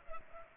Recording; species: mosquito wingbeat signal from an infrared sensor; Culex pipiens